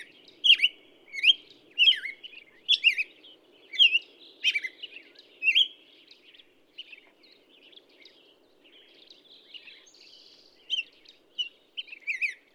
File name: Black-headed Grosbeak